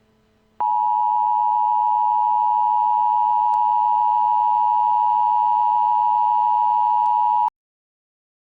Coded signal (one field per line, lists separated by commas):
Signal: Emergency Alert System (SAME) tones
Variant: 853 and 960 Hz attention tone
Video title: EAS Scenario: The High School Massacre